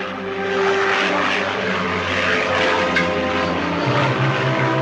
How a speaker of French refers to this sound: Aussitôt après l'annonce du désastre, l'avion du capitaine Guérin prenait l'air pour tenter de retrouver l'appareil et survolait la chaîne frontalière franco-italienne, zone présumée de l'accident.